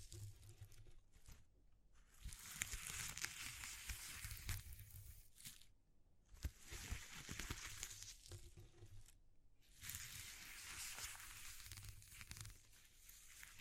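ASMR texture sounds: bursts of crinkling, crushing and scratching, bright and dense, fill roughly 2–6, 6.5–9 and 10–13 seconds. Brief quiet gaps separate them. Soft low thumps and handling noises sit underneath throughout.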